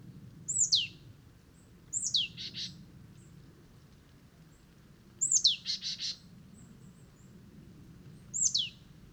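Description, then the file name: Marsh tit calls: a sharp, high note sliding steeply downward, sometimes followed by a short burst of buzzy notes, given four times over a low background hum. "Poecile palustris"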